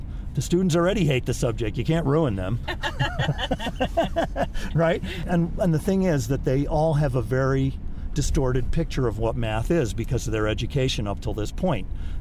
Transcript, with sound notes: The students already hate the subject. You can’t ruin them.
[LAUGHTER]
Right? And the thing is that they all have a very distorted picture of what math is because of their education up till this point.